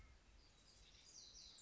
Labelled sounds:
House Wren (Troglodytes aedon)

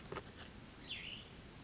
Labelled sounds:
Cassin's Vireo (Vireo cassinii)

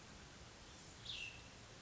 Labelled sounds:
Cassin's Vireo (Vireo cassinii)

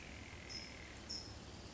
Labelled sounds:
California Towhee (Melozone crissalis)

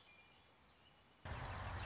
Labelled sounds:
Red-winged Blackbird (Agelaius phoeniceus)

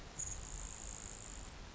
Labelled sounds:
Grasshopper Sparrow (Ammodramus savannarum)

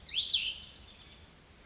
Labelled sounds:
Cassin's Vireo (Vireo cassinii)

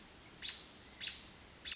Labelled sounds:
American Robin (Turdus migratorius)

